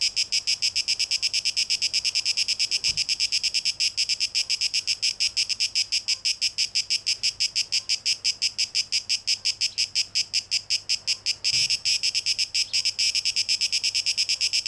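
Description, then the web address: Cicada song, a continuous shrill pulsing buzz at a fast, steady beat, with two brief low thumps partway through. Recorded 12 August 2023; tape echo mix. "rauschpartikel Audio 2023-08-12 Zikaden (Tape Echo Mix)"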